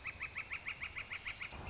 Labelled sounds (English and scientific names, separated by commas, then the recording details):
Northern Flicker (Colaptes auratus)
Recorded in Sonoma County, California